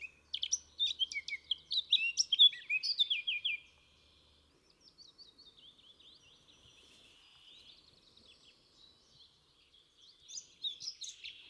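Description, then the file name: Eurasian blackcap song: a busy chattering warble, then a long softer, subdued passage, and a final short burst of notes. "Sylvia atricapilla"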